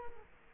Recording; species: mosquito wingbeat signal from an infrared sensor; Culex quinquefasciatus